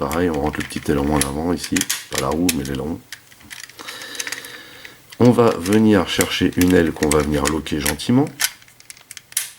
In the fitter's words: entendu le clic pareil pour l'autre